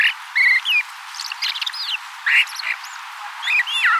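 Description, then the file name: Common blackbird with short fluty whistled notes in three bursts, interspersed with thin, scratchy high chirps. "Turdus merula"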